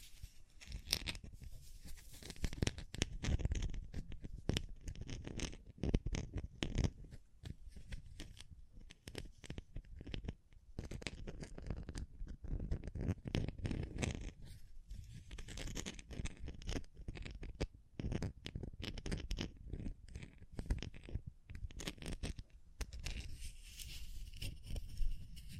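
Dense, irregular scratching and crinkling with quick tapping strikes, continuing unevenly for the whole stretch, with brief quieter gaps near 15 and 18 seconds.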